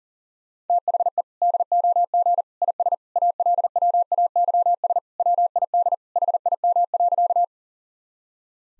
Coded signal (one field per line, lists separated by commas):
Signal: Morse code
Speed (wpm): 37 wpm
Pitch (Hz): 700 Hz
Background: none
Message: THE DOG IS ALWAYS WID HIM.